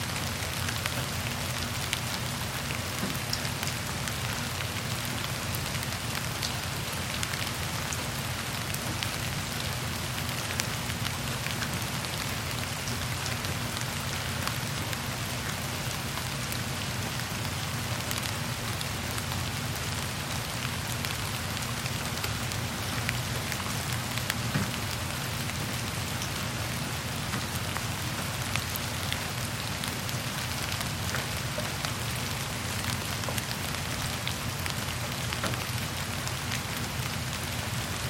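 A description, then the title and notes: Rain falls against a window in a steady, dense hiss that holds evenly for the whole stretch, with faint ticks of drops on the glass. A low, constant rumble sits underneath, and no distinct thunderclaps break through. Luxurious Mansion Rain on Window with Thunder Sounds.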